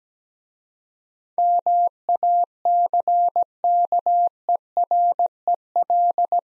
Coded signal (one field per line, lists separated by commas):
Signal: Morse code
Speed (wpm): 17 wpm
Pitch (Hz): 700 Hz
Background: none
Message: MACKEREL